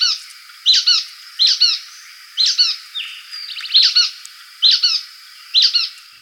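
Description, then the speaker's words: Brown-headed Nuthatch calls: squeaky doubled notes like a rubber duck, repeated about once a second. Resident pine woodland obligate; call described as 'squeaka squeaka', like a rubber ducky. "They sound like a rubber ducky, and no one believes me until they look it up and listen to it."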